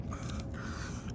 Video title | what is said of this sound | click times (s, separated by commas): How to Change the Windshield wipers on a Toyota Highlander | All right, so there it goes, clicks. | 0.3 s